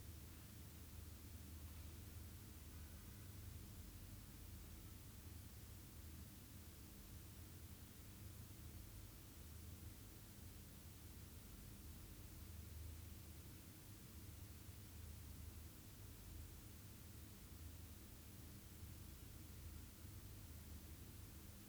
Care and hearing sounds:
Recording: daily activity, guitar pickup as the sensor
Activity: stand

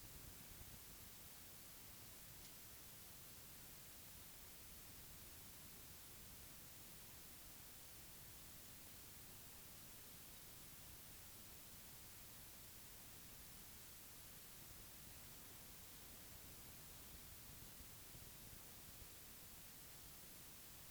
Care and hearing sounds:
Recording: daily activity, guitar pickup as the sensor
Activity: lie down

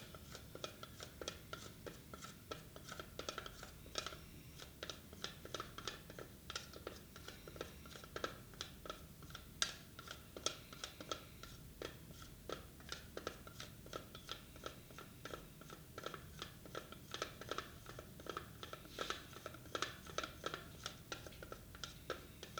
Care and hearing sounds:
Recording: daily activity, guitar pickup as the sensor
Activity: fry

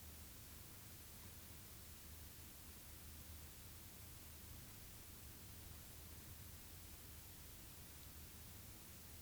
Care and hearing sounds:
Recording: daily activity, guitar pickup as the sensor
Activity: stand

